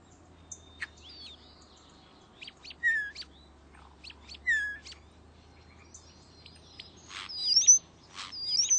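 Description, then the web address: European starling song: scattered high whistles, clicks and buzzy notes with sharp squeaky slurs, loudest toward the end, over a low steady hum. "cotor. European Starling"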